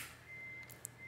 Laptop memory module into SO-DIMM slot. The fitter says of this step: see that bit there click into place and same over here